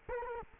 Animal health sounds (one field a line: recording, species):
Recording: mosquito wingbeat signal from an infrared sensor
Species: Culex quinquefasciatus